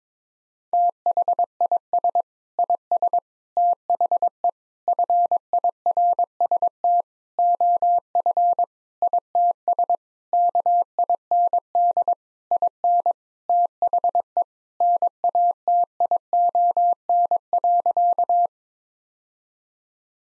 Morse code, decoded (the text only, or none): THIS IS THE FIRST OF ITS KIND IN THE NATION.